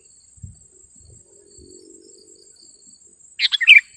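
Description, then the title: Sooty-headed bulbul song, one short burst of bubbly notes near the end, with a steady high insect whine throughout and faint low thumps. "kutilang"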